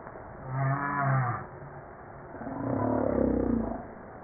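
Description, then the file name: Humpback whale song: a short low moan followed by a rough, pulsed groan that swells and fades. Recorded on 5 March 1994. "Baleine a bosse 940305-1022"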